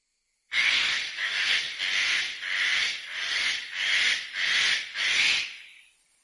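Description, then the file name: Eclectus parrot calling in a run of about eight rasping, noisy screeches in a row, fading at the end. "Canto do papagaio ecletus"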